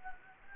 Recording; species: mosquito wingbeat signal from an infrared sensor; Anopheles gambiae